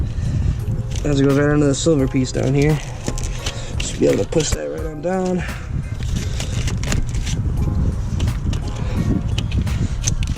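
The plastic electrical connector for the intake air sensor on an Airaid cold air intake on an EcoBoost Mustang is routed under the silver piece and handled, ready to be pushed down onto its sensor. Someone talks over background music while short handling clicks and rustles are heard. Nothing has seated or clicked into place yet.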